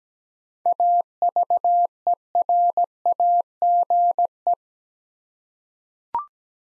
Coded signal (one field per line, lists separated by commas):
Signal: Morse code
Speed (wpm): 17 wpm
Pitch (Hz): 700 Hz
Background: none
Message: AVERAGE